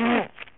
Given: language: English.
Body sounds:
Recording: throat vibration sensor signal played as sound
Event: throat clearing

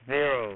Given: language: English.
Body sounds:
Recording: throat vibration sensor signal played as sound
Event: speech

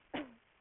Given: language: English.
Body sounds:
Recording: throat vibration sensor signal played as sound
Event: cough

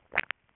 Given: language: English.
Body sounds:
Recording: throat vibration sensor signal played as sound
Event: swallow

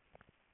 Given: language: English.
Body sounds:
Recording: throat vibration sensor signal played as sound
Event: swallow

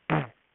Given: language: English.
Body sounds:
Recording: throat vibration sensor signal played as sound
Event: throat clearing

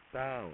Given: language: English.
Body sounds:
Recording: throat vibration sensor signal played as sound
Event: speech

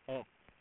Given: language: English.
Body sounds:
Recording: throat vibration sensor signal played as sound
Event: speech

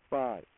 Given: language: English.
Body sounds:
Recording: throat vibration sensor signal played as sound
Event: speech

